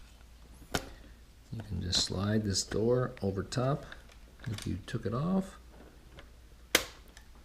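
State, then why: Seated. A small plastic access door is slid over the belt mechanism of an Onkyo TA-2058 cassette deck during belt replacement and pressed until it snaps into place. Someone talks, and a sharp loud snap at 6.8 s marks the door seating. A softer click is heard around 0.8 s.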